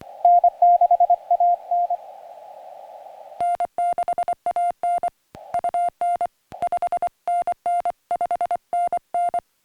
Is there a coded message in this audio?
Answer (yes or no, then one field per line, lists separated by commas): yes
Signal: Morse code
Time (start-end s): 0.2-9.4 s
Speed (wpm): 24 wpm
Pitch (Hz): 700 Hz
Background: music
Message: N6AN N6AN UN 5NN 5NN